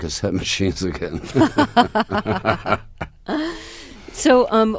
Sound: soundbite of laughter

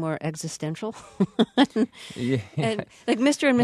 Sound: soundbite of laughter

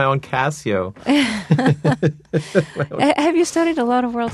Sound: soundbite of laughter

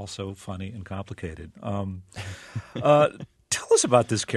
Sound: soundbite of laughter

